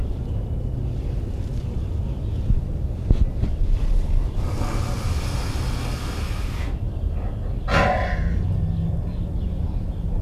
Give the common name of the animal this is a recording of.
Tiger